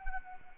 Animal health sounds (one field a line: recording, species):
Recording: mosquito wingbeat signal from an infrared sensor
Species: Anopheles arabiensis